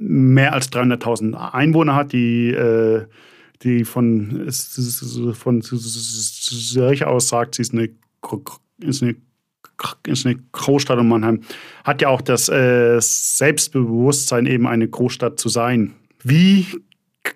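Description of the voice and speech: A man in his late twenties who has stuttered all his life speaks German at a moderate pitch. He repeats words and phrases ("von, von", "ist eine" three times), draws out sounds, and breaks off into long pauses and filled "äh" hesitations. These are stuttering disfluencies: repetitions, prolongations and blocks.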